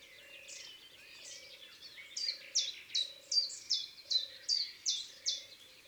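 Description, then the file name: Long-tailed tit calls: high, thin notes that start faint and grow louder, then come in a quick regular series, over a soft low tone. "Mesange a longue queue Chants doiseaux des bois et des forets"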